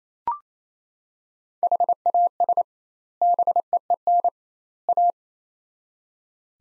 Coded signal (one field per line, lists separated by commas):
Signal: Morse code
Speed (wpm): 28 wpm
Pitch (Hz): 700 Hz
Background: none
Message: HAS BEEN A